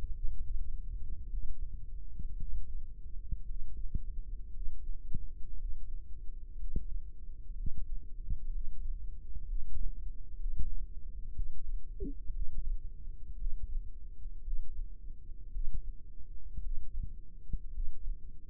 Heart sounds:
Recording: heart sounds by microphone in the right ear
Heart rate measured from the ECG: 58 bpm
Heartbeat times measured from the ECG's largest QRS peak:
0.13 s: heartbeat
1.29 s: heartbeat
2.37 s: heartbeat
3.45 s: heartbeat
4.51 s: heartbeat
5.56 s: heartbeat
6.56 s: heartbeat
7.53 s: heartbeat
8.49 s: heartbeat
9.45 s: heartbeat
10.36 s: heartbeat
11.33 s: heartbeat
12.31 s: heartbeat
13.36 s: heartbeat
14.42 s: heartbeat
15.51 s: heartbeat
16.61 s: heartbeat
17.71 s: heartbeat
From the record:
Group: healthy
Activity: Valsalva maneuver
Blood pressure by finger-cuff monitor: 83/49 mmHg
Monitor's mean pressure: 58 mmHg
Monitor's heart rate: 57 bpm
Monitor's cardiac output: 4.6 L/min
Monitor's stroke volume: 78 mL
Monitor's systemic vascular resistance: 830 dyn s/cm5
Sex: female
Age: 28 years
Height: 170 cm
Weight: 77 kg

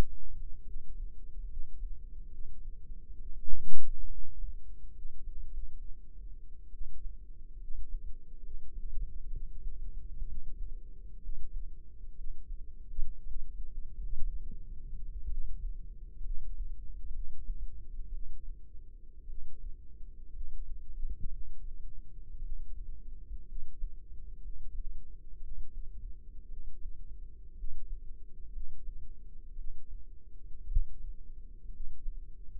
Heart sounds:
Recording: heart sounds by microphone in the left ear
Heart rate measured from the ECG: 62 bpm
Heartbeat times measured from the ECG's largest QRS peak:
0.62 s: heartbeat
1.45 s: heartbeat
2.27 s: heartbeat
3.15 s: heartbeat
4.06 s: heartbeat
4.91 s: heartbeat
5.46 s: heartbeat
6.69 s: heartbeat
7.56 s: heartbeat
8.39 s: heartbeat
9.28 s: heartbeat
10.22 s: heartbeat
11.17 s: heartbeat
12.12 s: heartbeat
13.21 s: heartbeat
13.91 s: heartbeat
15.26 s: heartbeat
16.20 s: heartbeat
17.09 s: heartbeat
18.08 s: heartbeat
19.24 s: heartbeat
20.29 s: heartbeat
21.26 s: heartbeat
22.38 s: heartbeat
23.43 s: heartbeat
24.38 s: heartbeat
25.36 s: heartbeat
26.45 s: heartbeat
27.52 s: heartbeat
28.48 s: heartbeat
29.52 s: heartbeat
30.64 s: heartbeat
31.68 s: heartbeat
From the record:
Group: healthy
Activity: rest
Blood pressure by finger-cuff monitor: 111/72 mmHg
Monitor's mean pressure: 84 mmHg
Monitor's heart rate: 61 bpm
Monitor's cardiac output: 4.9 L/min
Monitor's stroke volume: 82 mL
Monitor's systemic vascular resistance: 1240 dyn s/cm5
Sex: female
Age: 22 years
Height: 171 cm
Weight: 65.6 kg

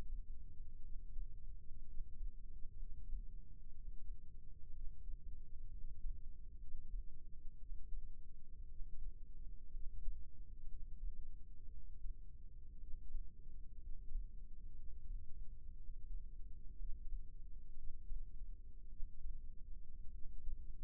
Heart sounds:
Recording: heart sounds by microphone in the left ear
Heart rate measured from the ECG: 59 bpm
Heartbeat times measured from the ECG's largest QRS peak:
0.82 s: heartbeat
1.86 s: heartbeat
2.79 s: heartbeat
3.74 s: heartbeat
4.73 s: heartbeat
5.71 s: heartbeat
6.60 s: heartbeat
7.58 s: heartbeat
8.68 s: heartbeat
9.73 s: heartbeat
10.69 s: heartbeat
11.70 s: heartbeat
12.80 s: heartbeat
13.81 s: heartbeat
14.76 s: heartbeat
15.75 s: heartbeat
16.78 s: heartbeat
17.76 s: heartbeat
18.89 s: heartbeat
20.11 s: heartbeat
From the record:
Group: healthy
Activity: rest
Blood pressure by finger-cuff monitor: 101/61 mmHg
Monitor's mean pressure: 75 mmHg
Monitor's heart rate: 60 bpm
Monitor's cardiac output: 5.4 L/min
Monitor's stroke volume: 93 mL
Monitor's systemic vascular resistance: 990 dyn s/cm5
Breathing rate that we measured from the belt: 16 breaths a minute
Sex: male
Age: 22 years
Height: 181 cm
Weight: 79 kg

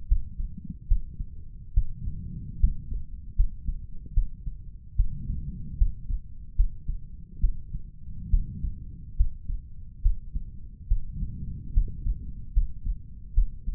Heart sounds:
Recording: heart sounds by stethoscope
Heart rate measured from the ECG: 72 bpm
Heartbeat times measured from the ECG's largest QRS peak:
0.08 s: heartbeat
0.88 s: heartbeat
1.74 s: heartbeat
2.60 s: heartbeat
3.36 s: heartbeat
4.14 s: heartbeat
4.96 s: heartbeat
5.78 s: heartbeat
6.56 s: heartbeat
7.40 s: heartbeat
8.30 s: heartbeat
9.16 s: heartbeat
10.02 s: heartbeat
10.88 s: heartbeat
11.73 s: heartbeat
12.53 s: heartbeat
13.34 s: heartbeat
From the record:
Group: healthy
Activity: rest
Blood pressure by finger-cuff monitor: 107/64 mmHg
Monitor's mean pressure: 80 mmHg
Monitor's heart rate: 71 bpm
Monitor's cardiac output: 5.9 L/min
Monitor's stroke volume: 84 mL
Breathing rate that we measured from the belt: 20 breaths a minute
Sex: male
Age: 35 years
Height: 178 cm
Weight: 64 kg

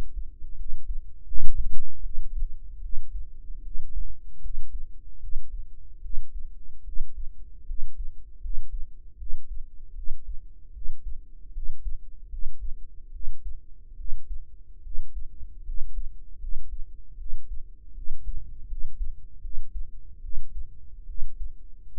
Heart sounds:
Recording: heart sounds by microphone in the right ear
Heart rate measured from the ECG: 76 bpm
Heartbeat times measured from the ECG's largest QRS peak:
0.55 s: heartbeat
1.25 s: heartbeat
2.01 s: heartbeat
2.80 s: heartbeat
3.61 s: heartbeat
4.40 s: heartbeat
5.18 s: heartbeat
6.00 s: heartbeat
6.83 s: heartbeat
7.65 s: heartbeat
8.39 s: heartbeat
9.16 s: heartbeat
9.93 s: heartbeat
10.71 s: heartbeat
11.51 s: heartbeat
12.28 s: heartbeat
13.10 s: heartbeat
13.95 s: heartbeat
14.81 s: heartbeat
15.63 s: heartbeat
16.38 s: heartbeat
17.16 s: heartbeat
17.93 s: heartbeat
18.66 s: heartbeat
19.40 s: heartbeat
20.20 s: heartbeat
21.05 s: heartbeat
21.92 s: heartbeat
From the record:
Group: healthy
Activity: rest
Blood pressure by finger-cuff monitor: 93/56 mmHg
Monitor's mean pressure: 68 mmHg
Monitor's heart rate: 76 bpm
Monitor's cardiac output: 6.9 L/min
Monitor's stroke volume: 89 mL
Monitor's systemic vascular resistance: 700 dyn s/cm5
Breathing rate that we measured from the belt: 17 breaths a minute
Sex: female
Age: 19 years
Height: 163 cm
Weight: 48.9 kg

